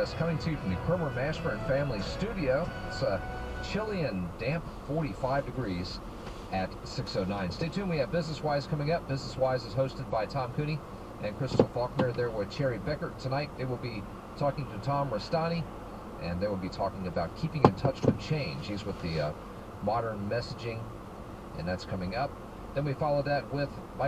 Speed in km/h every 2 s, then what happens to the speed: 0, 0, 0, 0, 0, 0, 0, 0, 0, 0, 0, 0.
0-24 standing.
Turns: none.